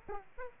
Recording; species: mosquito wingbeat signal from an infrared sensor; Aedes aegypti